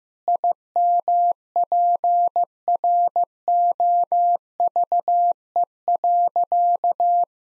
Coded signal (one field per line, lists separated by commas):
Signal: Morse code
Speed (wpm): 15 wpm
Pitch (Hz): 700 Hz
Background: none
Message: IMPROVE.